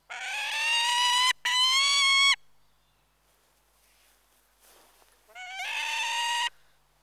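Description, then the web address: Peregrine falcon uttering drawn-out, harsh, nasal wails, two close together and then a third after a pause of about three seconds. "BBC Sound Effects Library. Peregrine Falcon"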